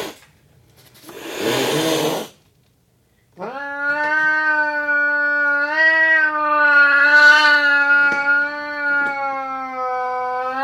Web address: Burmese cat hisses twice, and then long cry of anger